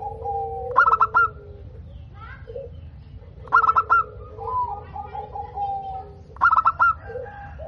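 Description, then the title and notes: Zebra dove song: a quick cluster of bright, bubbly cooing notes, repeated about every three seconds, with drawn-out whistles between phrases and a steady low hum. Local (lokal) bird, described as singing actively (gacor) with a clear, ringing, loud voice (suara kristal lantang). "PERKUTUT LOKAL GACOR Suara KRISTAL LANTANG. Kicau Burung Perkutut"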